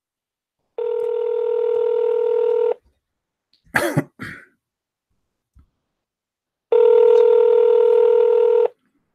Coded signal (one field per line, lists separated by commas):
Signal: telephone call progress tone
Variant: North America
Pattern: ringback tone